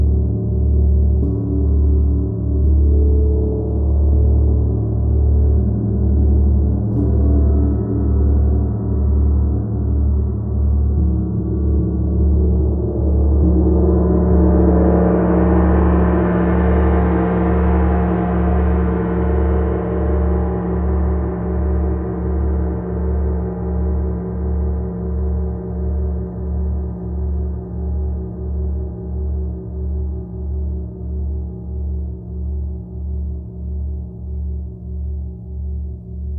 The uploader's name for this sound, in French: Un bain de gong